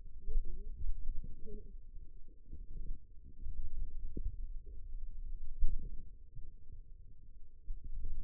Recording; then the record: forearm muscle sounds (acoustic myography)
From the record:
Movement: finger pinch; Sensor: system 2, bracelet of six BSWA MPA416 microphones around the upper forearm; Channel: 3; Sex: female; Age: 21 years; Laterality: right